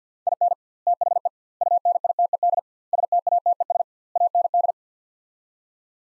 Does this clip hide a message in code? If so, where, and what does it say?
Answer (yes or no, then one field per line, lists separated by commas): yes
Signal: Morse code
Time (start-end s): 0.3-4.7 s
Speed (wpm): 50 wpm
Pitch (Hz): 700 Hz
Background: none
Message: IN THE UNITED STATES AND